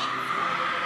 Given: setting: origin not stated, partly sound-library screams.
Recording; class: one-second piece from a danger detection set; woman in danger